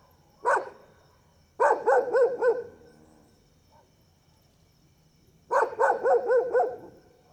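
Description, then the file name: Dog barks: one sharp bark, then a quick run of barks, a pause of a few seconds, then a second rapid run, with a thin high insect hum underneath. Several dogs barking at night, first far off and then near, with a cricket calling. "Cachorros latindo longe e depois perto a noite com grilo e passa uma moto"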